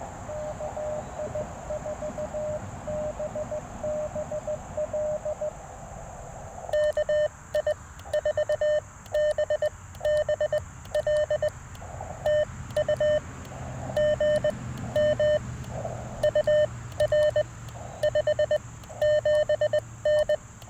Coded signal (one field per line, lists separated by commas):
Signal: Morse code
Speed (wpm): 20 wpm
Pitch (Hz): 590 Hz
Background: none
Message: KI4BBL KI4BBL TU GM UR 57N